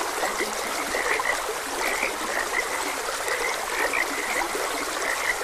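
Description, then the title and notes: Frog chorus of quick, bright chirps repeated continuously, set against constant trickling stream noise. Frogs croaking beside a gentle stream. "Gentle Stream and Frogs Croaking. Sleep and Relaxation Podcast"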